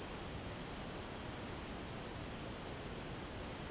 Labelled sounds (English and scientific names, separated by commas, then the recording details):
none
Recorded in dense forest near Puerto Asís, Putumayo, Colombia, on 24 March 2025 at 14:30
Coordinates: 0.500, -76.322
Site GP06